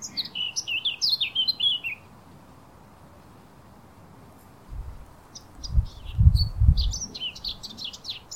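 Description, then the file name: Eurasian blackcap warbling in two bursts of fast, varied high notes with a silent gap between; a few low thuds sound during the second burst. "Sylvia atricapilla"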